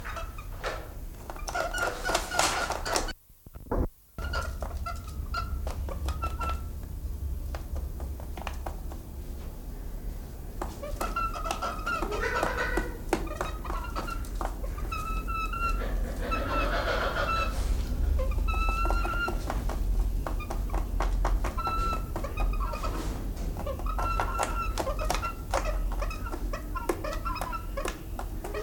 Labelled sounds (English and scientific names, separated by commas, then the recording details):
Visayan Hornbill (Penelopides panini)
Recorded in captivity
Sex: female
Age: adult
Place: Zoo Berlin, Berlin, DE
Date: 1996-03-23 11:45
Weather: heiter, 4°C
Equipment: Sony WM-D6C, Sennheiser ME 80, Kopie Uher 4000 Report Monitor
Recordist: Tembrock, Günter
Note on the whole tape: Weibchen in Bruthöhle: helle Laute (Männchen am Eingang)